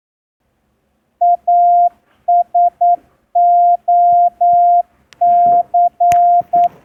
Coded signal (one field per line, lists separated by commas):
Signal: Morse code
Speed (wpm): 9 wpm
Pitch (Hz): 700 Hz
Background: none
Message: ASOC